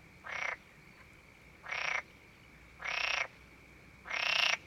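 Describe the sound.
Frog calling with four drawn-out rasping croaks, steadily lengthening, about every second and a half, over a constant high hum.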